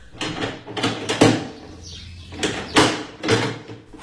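A locked door is rattled and handled as someone tries to unlock it, with a series of sharp clunks and scrapes spread over a few seconds, some louder than others, and no one speaking.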